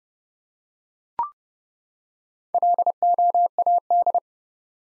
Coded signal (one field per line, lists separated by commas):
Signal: Morse code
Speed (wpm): 30 wpm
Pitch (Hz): 700 Hz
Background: none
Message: LOAD